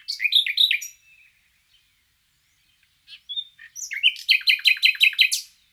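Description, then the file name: Common nightingale song: a short burst of repeated chirping notes, a pause with scattered soft notes, then a longer run of rapid, evenly repeated sharp notes. "Luscinia megarhynchos"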